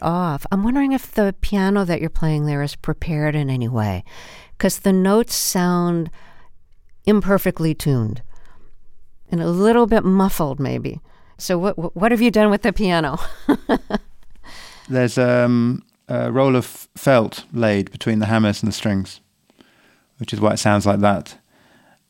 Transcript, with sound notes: I'm wondering if the piano that you're playing there is prepared in any way 'cause the notes sound imperfectly tuned and a little bit muffled maybe. So what have you done with the piano? (Laughter).
There's a roll of felt laid between the hammers and the strings, which is why it sounds like that.